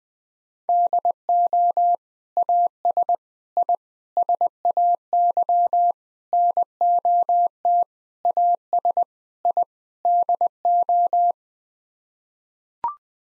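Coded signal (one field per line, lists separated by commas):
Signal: Morse code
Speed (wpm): 20 wpm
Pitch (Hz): 700 Hz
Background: none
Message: DO AS I SAY NOT AS I DO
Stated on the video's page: Morse head-copy drill of common 8-word groups at 20 wpm, each sent, spoken, then sent again.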